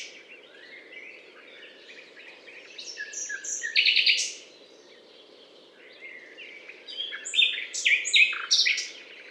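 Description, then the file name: Common nightingale singing rich, varied phrases of sharp notes and rapid buzzy bursts, separated by quiet gaps, over faint constant background noise. Recorded at Butte calcaire de Gratacap, France, on 19 May 2012. "rossignol philomele Butte calcaire de Gratacap F"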